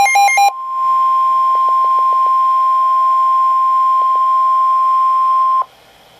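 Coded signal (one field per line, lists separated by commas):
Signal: Emergency Alert System (SAME) tones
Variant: 1050 Hz attention tone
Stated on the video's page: Severe thunderstorm watches and warnings received off NOAA Weather Radio station KEC83; a malfunction sent the same watch twice.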